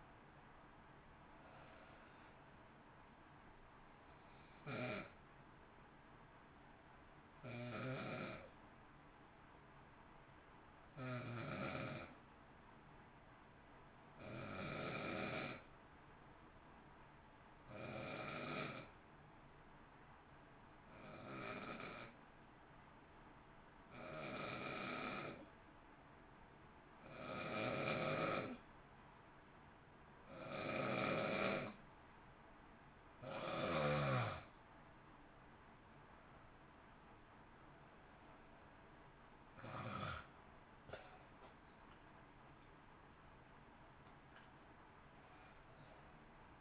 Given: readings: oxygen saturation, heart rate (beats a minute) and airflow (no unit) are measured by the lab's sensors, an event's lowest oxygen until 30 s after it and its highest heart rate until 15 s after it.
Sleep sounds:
breathing in sleep by a voice recorder at the bedside; 1
8.00-32.50 s: hypopnea (N2, oxygen 95% highest, then 87% lowest, heart rate 52 at the start, 60 highest)
From the record:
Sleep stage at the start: N2 (light sleep); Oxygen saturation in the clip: 88 to 95%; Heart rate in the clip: 51 to 64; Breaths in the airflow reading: 16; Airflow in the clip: -1.7 to 1.2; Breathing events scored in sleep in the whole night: 328 in 6.3 hours asleep

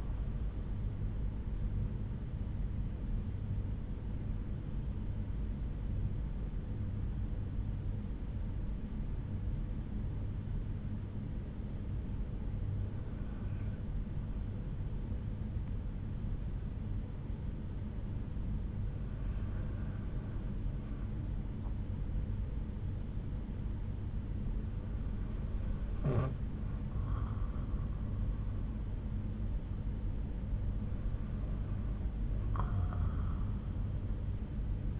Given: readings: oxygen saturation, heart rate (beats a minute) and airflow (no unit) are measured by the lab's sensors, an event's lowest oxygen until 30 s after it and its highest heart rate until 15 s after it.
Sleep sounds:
breathing in sleep by a smartphone at the bedside; 1
4.00-25.70 s: hypopnea (N2, oxygen 97% highest, then 93% lowest)
From the record:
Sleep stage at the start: N2 (light sleep); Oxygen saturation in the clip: 93 to 97%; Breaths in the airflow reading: 4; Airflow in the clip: -4.2 to 4.3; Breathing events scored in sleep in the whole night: 368 in 8.0 hours asleep

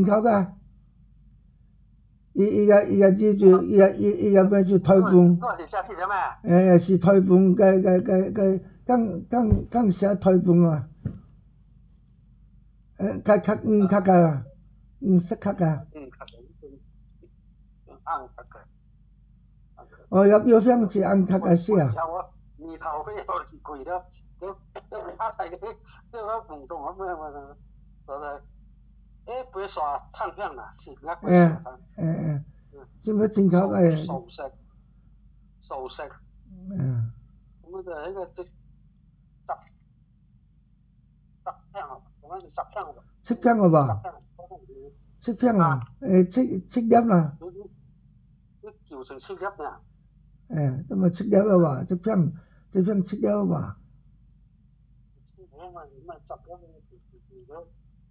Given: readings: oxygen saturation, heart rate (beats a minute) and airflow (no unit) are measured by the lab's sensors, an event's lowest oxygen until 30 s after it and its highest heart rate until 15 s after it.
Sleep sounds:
a person awake in a sleep study, by a smartphone at the bedside; none
0.00-58.11 s: awake
From the record:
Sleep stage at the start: awake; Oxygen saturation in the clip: 94 to 97%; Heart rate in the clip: 71 to 78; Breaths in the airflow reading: 21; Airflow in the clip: -3.8 to 4.5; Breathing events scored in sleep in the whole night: 270 in 6.1 hours asleep

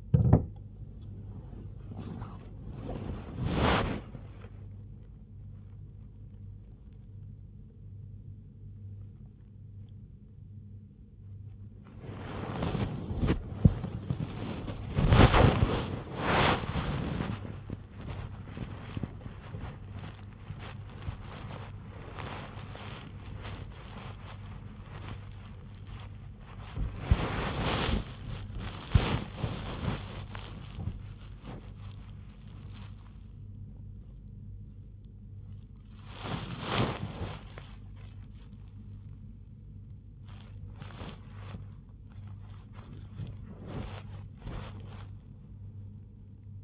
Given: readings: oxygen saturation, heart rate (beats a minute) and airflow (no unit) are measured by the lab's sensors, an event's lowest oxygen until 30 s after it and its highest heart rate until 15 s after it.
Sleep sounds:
a person awake in a sleep study, by a smartphone at the bedside; none
0.00-46.63 s: awake
From the record:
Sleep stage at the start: awake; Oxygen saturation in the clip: 94 to 96%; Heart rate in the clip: 78 to 95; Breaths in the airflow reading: 12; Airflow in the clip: -6.2 to 5.8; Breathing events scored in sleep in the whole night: 158 in 7.3 hours asleep

